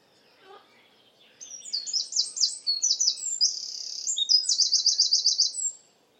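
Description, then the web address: Bird song, a few faint notes and then a busy high phrase of buzzy slurred notes that ends in a rapid, even trill. "cianscape birddata Deverinetal 2025. Bird Only"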